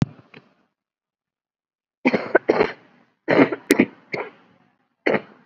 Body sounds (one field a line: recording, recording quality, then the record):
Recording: shallow voluntary cough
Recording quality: excellent, no background noise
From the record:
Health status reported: COVID-19 positive, moderate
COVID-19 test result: positive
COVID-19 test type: RT-PCR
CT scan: not taken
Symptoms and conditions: cough, fever, fatigue, muscle pain, another condition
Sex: female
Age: 35 years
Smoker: no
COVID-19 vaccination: none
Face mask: worn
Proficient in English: yes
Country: India